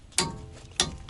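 A click-type torque wrench set to 100 ft-lb tightens lug nuts in a star pattern on the extended studs of a hub-centric wheel spacer adapter on a 5V-EU Toyota Century, fitted for 245/35/20 rims, with the vented rotor held by a pry bar. A sharp metallic snap sounds at 0.2 s, then the wrench's click at 0.8 s confirms the lug nut has reached the 100 ft-lb setting.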